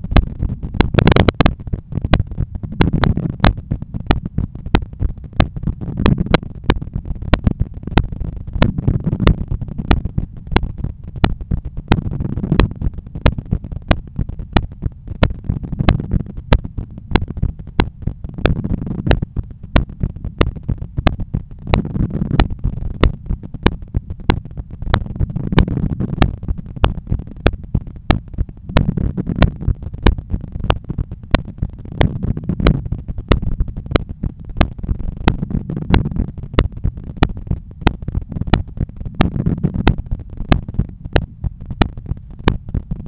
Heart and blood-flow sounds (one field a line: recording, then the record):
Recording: heart sounds by stethoscope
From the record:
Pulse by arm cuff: 92 bpm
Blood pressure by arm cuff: 132/84 mmHg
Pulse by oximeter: 94 bpm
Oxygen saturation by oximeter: 97%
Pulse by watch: 95 bpm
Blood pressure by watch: 128/84 mmHg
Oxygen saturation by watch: 97%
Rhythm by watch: sinus rhythm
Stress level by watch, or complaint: low stress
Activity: after 5 min smoking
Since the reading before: plus 500 steps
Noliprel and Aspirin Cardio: after pills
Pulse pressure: 48 mmHg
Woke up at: 7:20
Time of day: 13:49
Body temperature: 35 C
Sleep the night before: 8 h 11 min, score 61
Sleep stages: REM 22%, light 68%, deep 3%, awake 7%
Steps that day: 9500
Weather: sunny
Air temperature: 27.2 C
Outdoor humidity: 51%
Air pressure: 1015 hPa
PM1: 9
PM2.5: 12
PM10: 16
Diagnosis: hypertension, treated with Noliprel and Aspirin Cardio 100 mg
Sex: male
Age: 53 years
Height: 174 cm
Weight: 81 kg